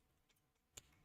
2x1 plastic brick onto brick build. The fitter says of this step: Boom. That was a decent click.